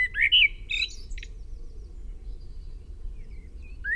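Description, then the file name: Common blackbird, one rich fluted phrase with a scratchy twittering tail, then a pause before another phrase begins at the end. "Turdus merula"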